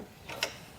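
The second of two side tilt levers is pulled on a Hollywood Racks Sport Rider SE hitch-mounted platform bike rack for 2 electric bikes on a 2022 Toyota Tacoma, unlocking the rack for folding. After a faint earlier rattle, one sharp mechanical ratchet-like click sounds at 0.4 s. The lever releases, and the rack is free to fold up.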